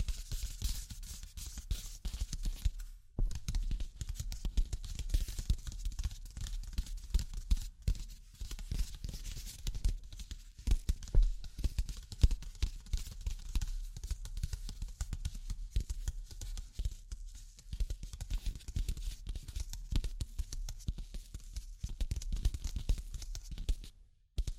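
Tapping and scratching at a dense, irregular pace, with quick clicks and rasping strokes running almost continuously for the whole stretch. A steady low rumble sits underneath, and the activity stops briefly near 3, 8 and 24 seconds.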